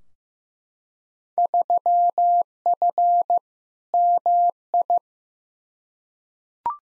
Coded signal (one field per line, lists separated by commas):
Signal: Morse code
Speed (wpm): 15 wpm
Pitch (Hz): 700 Hz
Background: none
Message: 3F MI